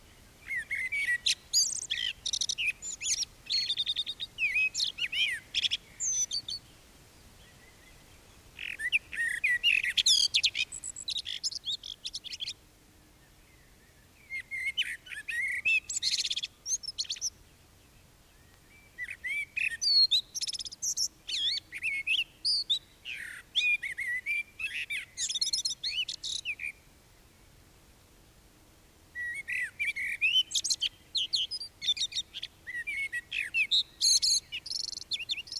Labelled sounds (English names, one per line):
Common Blackbird song